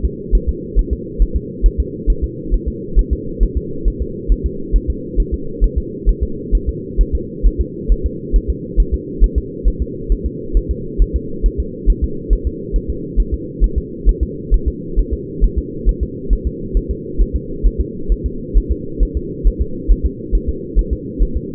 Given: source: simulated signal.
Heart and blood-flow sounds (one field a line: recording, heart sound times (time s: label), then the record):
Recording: fetal heart sounds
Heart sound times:
0.05 s: S2
0.35 s: S1
0.49 s: S2
0.79 s: S1
0.93 s: S2
1.22 s: S1
1.36 s: S2
1.66 s: S1
1.80 s: S2
2.10 s: S1
2.24 s: S2
2.54 s: S1
2.68 s: S2
2.99 s: S1
3.13 s: S2
3.43 s: S1
3.57 s: S2
3.88 s: S1
4.02 s: S2
4.32 s: S1
4.46 s: S2
4.76 s: S1
4.90 s: S2
5.20 s: S1
5.34 s: S2
5.64 s: S1
5.78 s: S2
6.09 s: S1
6.23 s: S2
6.55 s: S1
6.69 s: S2
7.01 s: S1
7.15 s: S2
7.47 s: S1
7.61 s: S2
7.92 s: S1
8.06 s: S2
8.36 s: S1
8.50 s: S2
8.80 s: S1
8.94 s: S2
9.24 s: S1
9.38 s: S2
9.68 s: S1
9.82 s: S2
10.12 s: S1
10.26 s: S2
10.57 s: S1
10.71 s: S2
11.02 s: S1
11.16 s: S2
11.46 s: S1
11.60 s: S2
11.90 s: S1
12.04 s: S2
12.33 s: S1
12.47 s: S2
12.76 s: S1
12.90 s: S2
13.20 s: S1
13.34 s: S2
13.64 s: S1
13.78 s: S2
14.09 s: S1
14.23 s: S2
14.54 s: S1
14.68 s: S2
14.99 s: S1
15.14 s: S2
15.44 s: S1
15.58 s: S2
15.89 s: S1
16.03 s: S2
16.33 s: S1
16.47 s: S2
16.77 s: S1
16.91 s: S2
17.21 s: S1
17.36 s: S2
17.66 s: S1
17.81 s: S2
18.12 s: S1
18.26 s: S2
18.57 s: S1
18.72 s: S2
19.03 s: S1
19.17 s: S2
19.47 s: S1
19.62 s: S2
19.92 s: S1
20.06 s: S2
20.35 s: S1
20.49 s: S2
20.79 s: S1
20.93 s: S2
21.22 s: S1
21.37 s: S2
From the record:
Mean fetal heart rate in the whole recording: 135 bpm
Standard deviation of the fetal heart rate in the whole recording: 3 bpm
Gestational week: 36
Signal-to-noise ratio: -4.3 dB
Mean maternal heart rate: 72 bpm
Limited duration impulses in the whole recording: absent